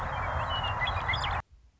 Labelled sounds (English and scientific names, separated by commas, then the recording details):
Western Meadowlark (Sturnella neglecta)
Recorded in Sonoma County, California